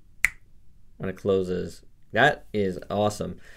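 The hinged lower jaw of a plastic Rebor Vanilla Ice Jungle & Mountain Tyrannosaurus V-Rex dinosaur figure is closed into the head and snaps shut with a sharp, bright click at 0.3 s, giving a nice-sounding snap as it seats in its closed position. Someone then talks.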